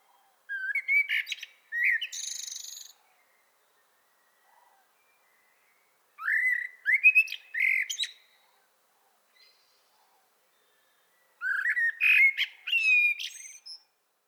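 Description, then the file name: Common blackbird delivering three separate fluty phrases several seconds apart, each sliding upward and closing with a scratchy high flourish. "Turdus merula"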